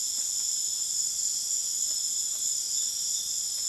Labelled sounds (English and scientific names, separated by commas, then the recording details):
none
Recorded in dense forest near Puerto Asís, Putumayo, Colombia, on 29 June 2025 at 20:00
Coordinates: 0.484, -76.325
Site H65